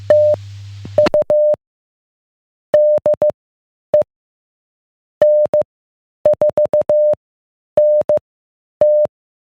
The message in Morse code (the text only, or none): TU DE N4NT